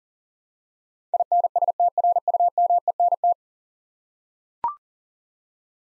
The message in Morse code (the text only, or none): INSTRUMENT